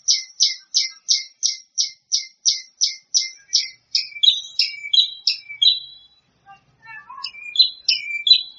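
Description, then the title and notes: Bird song: a fast, even series of sharp high notes, then varied warbled phrases, a short pause, soft chirps and more varied phrases. "Kicau Burung Lengkap"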